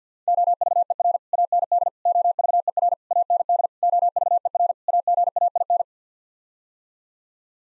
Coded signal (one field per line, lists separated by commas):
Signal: Morse code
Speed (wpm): 45 wpm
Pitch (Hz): 700 Hz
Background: none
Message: OVER AND OVER AND OVER AGAIN